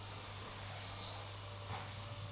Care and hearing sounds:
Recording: daily activity, microphone in the room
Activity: vacuum cleaning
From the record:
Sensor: 1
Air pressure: 991.8 hPa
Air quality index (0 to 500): 184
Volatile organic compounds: 1000 ppm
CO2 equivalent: 7039 ppm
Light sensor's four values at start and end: 28/99/38/38 and 28/99/38/38

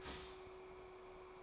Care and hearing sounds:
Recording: daily activity, microphone in the room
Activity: start toaster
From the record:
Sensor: 1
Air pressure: 1004.3 hPa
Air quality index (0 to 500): 200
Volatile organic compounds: 19 ppm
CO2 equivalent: 2642 ppm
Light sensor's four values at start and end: 4/13/4/5 and 4/13/4/5

